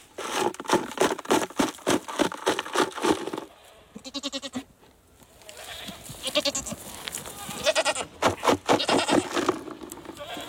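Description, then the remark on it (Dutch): A herd of black-and-white goats bleat in overlapping, wavering calls as one calls the rest, some high and nasal, others lower, amid shuffling and rustling, with a brief lull before another burst of bleats near the end. “Ik hoor gemekker. Nou roept hij de rest als het goed is en dan...”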